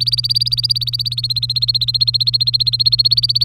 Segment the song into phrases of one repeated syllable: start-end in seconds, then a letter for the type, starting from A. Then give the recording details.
0.00-3.45 A. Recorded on 3 May 2018 at 11:22. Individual llb3